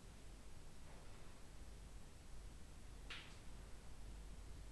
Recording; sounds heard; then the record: poultry house recording; no chicken sound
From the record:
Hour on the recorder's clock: 19